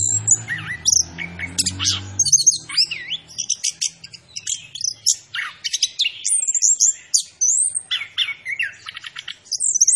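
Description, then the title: Orange-headed thrush song of varied whistled slurs and sharp high notes in quick succession, with a low hum underneath during the opening seconds. Indonesian name anis kembang; described as gacor, meaning actively singing; bird referred to as Macan B2. "Anis Kembang Gacor. Suara Anis Kembang Macan B2"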